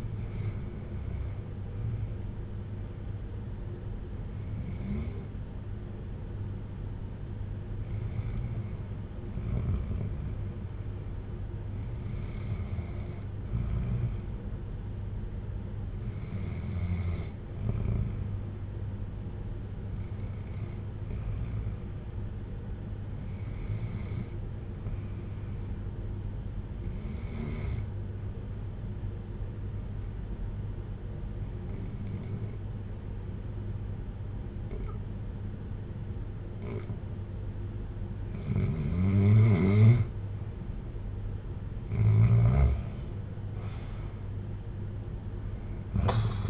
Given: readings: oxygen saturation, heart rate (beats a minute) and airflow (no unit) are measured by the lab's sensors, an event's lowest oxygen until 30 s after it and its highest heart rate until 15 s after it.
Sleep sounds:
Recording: breathing in sleep by a smartphone at the bedside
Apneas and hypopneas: 1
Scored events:
4.00-41.40 s: hypopnea (REM, oxygen 95% highest, then 86% lowest, heart rate 58 at the start, 70 highest)
From the record:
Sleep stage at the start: REM sleep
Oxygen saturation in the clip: 88 to 95%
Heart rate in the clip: 57 to 64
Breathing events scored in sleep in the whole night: 310 in 8.1 hours asleep

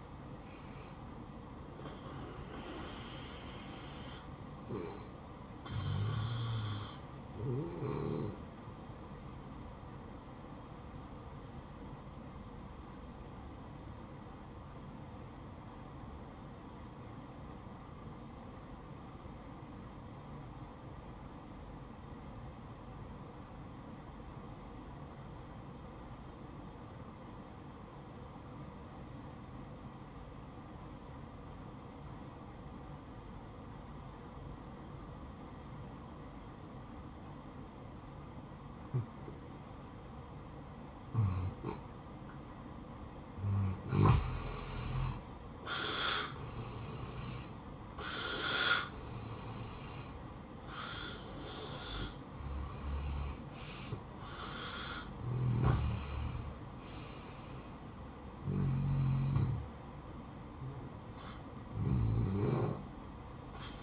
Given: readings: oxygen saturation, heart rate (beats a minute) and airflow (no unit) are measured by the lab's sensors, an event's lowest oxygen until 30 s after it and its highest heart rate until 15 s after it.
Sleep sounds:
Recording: breathing in sleep by a smartphone at the bedside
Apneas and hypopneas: 1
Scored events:
11.00-44.40 s: obstructive apnea (N1, oxygen 95% highest, then 84% lowest, heart rate 62 at the start, 71 highest)
17.00-47.00 s: new sleep stage, N2 (light sleep)
47.00-63.83 s: new sleep stage, N1 (lightest sleep)
From the record:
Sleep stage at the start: N1 (lightest sleep)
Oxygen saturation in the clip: 84 to 95%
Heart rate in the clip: 55 to 76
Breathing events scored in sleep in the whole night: 573 in 9.8 hours asleep

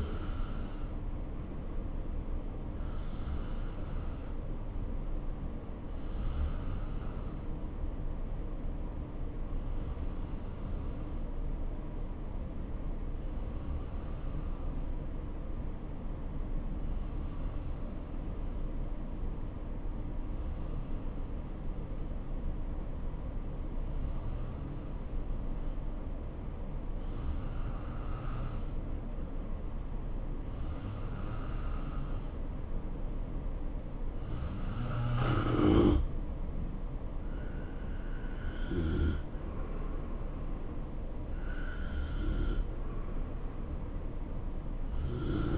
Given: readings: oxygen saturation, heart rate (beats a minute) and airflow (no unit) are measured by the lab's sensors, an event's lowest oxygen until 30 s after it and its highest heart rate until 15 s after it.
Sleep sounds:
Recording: breathing in sleep by a smartphone at the bedside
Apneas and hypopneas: 1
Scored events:
7.00-36.50 s: hypopnea (N1, oxygen 92% highest, then 87% lowest, heart rate 64 at the start, 72 highest)
13.00-45.57 s: new sleep stage, N2 (light sleep)
From the record:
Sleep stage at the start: N1 (lightest sleep)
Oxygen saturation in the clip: 88 to 92%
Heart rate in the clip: 60 to 72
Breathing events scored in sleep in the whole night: 277 in 7.4 hours asleep

